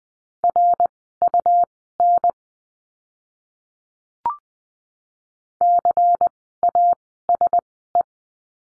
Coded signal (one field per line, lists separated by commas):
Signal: Morse code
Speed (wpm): 20 wpm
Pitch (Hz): 700 Hz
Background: none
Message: RUN CASE